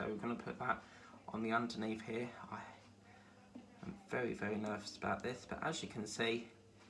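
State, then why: Not seated. A small wire connector is being handled and lined up with a pin on the underside of the gear relay section of a scale model truck build while someone talks. A couple of faint knocks are heard around 2.5 s and 3.8 s, but the connector has not yet been pressed home and nothing has clicked or seated by the end of the clip.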